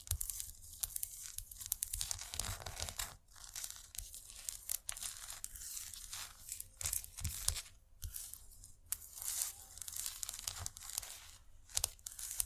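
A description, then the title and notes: Scratchy tapping continues almost without pause, dense bright rasping strokes and sharp taps, with brief breaks around three, seven and nine seconds. Irresistible Scratchy-tapping.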